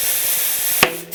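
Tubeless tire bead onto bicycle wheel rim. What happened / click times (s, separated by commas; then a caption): The tire bead snapped onto the rim / 0.8 s. A tubeless tire is being inflated onto a bicycle wheel rim after the sealant has been shaken around. A steady rush of air hisses until the rubber bead pops onto the metal rim with a sharp snap at 0.8 seconds. The snap is followed by a brief ringing tone, and the tire is seated.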